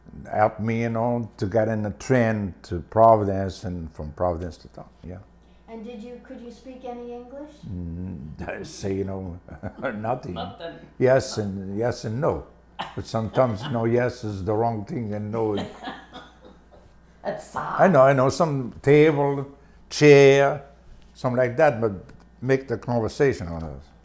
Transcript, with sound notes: helped me, you know, to get on the train to Providence, then from Providence to Taunton, yeah.
And did you, could you speak any English?
I'd say, you know, nothing. ( he laughs ) "Yes, yes" and "no." Sometimes no, yes is the wrong thing and no is, ( laughter ) you know, I know some, "table, chair," something like that, but make the conversation, oh, no.